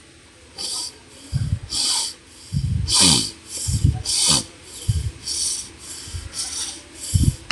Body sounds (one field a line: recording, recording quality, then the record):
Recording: shallow breathing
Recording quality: moderate, slight background noise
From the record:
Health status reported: healthy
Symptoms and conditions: none ticked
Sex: male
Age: 27 years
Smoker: yes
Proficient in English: yes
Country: India